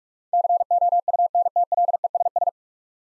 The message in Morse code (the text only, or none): COUNTLESS